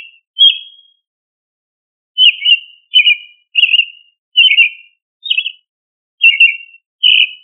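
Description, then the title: Thrush singing varied fluty whistled phrases, several in quick succession after a short pause, with no other sounds. "Familia Turdidae - Sabia"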